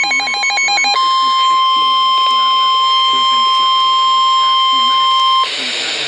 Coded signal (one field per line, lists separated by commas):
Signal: Emergency Alert System (SAME) tones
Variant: 1050 Hz attention tone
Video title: NOAA - Severe Thunderstorm Warning (EAS #880)